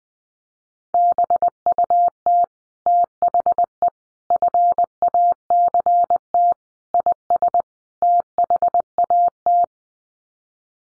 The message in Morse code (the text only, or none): BUT THE FACT IS THAT